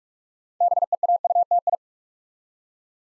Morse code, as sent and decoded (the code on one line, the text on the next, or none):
-... . .- ..- - ..
BEAUTI